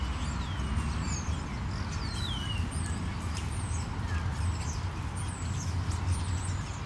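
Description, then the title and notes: Common starling flock whistling, with several clear descending and slurred high whistles among thin chatter, above steady heavy traffic rumble. Flock in plane trees at Parc de la Porte de Ninove, Molenbeek-Saint-Jean, Brussels, Belgium, with city traffic; Lom mikroUši microphone into Deity PR-2 recorder. "Parc de la Porte de Ninove, Molenbeek-Saint-Jean, Bruxelles-Capitale, Belgique - Starlings and the city. 1 minute of starlings in plane trees, then they go away. Une minute d'étourneaux dans des platanes avant qu'ils prennent leur envol"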